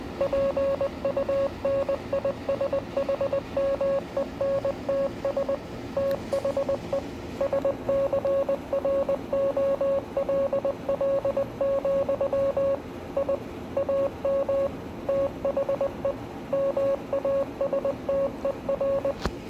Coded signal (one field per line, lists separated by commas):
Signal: Morse code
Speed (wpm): 20 wpm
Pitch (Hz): 550 Hz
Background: radio noise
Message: PUNISHMENTS THE SCROLL, I AM THE MASTER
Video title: Invictus in morse code